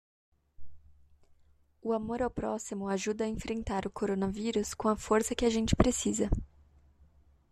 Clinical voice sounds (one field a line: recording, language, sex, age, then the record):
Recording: spoken sentence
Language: Brazilian Portuguese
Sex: female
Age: 20 to 29 years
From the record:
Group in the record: control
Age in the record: 25 years